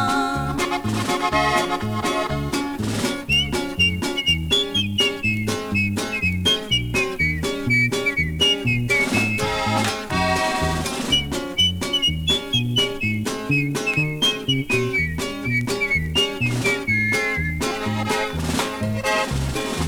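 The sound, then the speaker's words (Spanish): A human whistles a wavering, high melody in long sliding phrases over steady, bouncy band music with a strong regular beat and bass, with no voices singing. “Cuando su mami se descuida, nos vamos calle arriba, no dejo de chiflar.”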